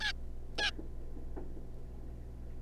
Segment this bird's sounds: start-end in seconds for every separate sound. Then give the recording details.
0.01-0.12, 0.58-0.71. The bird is a juvenile. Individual R3549